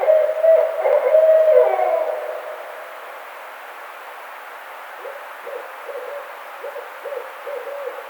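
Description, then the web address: Barred owl hooting: a loud, drawn-out hoot with a falling end, then after a pause a quieter run of short, evenly spaced hoots, over steady background hiss. Recorded 4 May 2009. "Barred Owl 2009 05 04"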